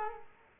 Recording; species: mosquito wingbeat signal from an infrared sensor; Culex quinquefasciatus